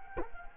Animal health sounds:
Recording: mosquito wingbeat signal from an infrared sensor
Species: Culex quinquefasciatus

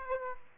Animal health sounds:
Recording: mosquito wingbeat signal from an infrared sensor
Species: Aedes aegypti

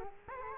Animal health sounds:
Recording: mosquito wingbeat signal from an infrared sensor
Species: Culex quinquefasciatus

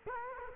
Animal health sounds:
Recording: mosquito wingbeat signal from an infrared sensor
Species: Culex quinquefasciatus

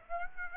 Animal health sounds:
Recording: mosquito wingbeat signal from an infrared sensor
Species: Aedes aegypti

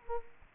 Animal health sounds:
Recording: mosquito wingbeat signal from an infrared sensor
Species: Culex quinquefasciatus

